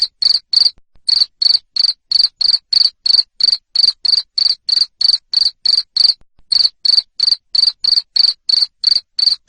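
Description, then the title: Cricket chirping steadily, rapid shrill pulsed chirps repeated evenly, pausing briefly twice. Loud cricket chirping (Indonesian "jangkrik ngerik") used to stimulate lovebirds to keep singing ("ngekek"). "Suara JANGKRIK NGERIK Keras Bikin LOVEBIRD Jadi NGEKEK Terus Vubey"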